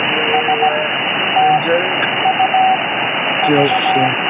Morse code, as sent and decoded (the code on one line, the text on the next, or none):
... / - / ..- / ...-
S T U V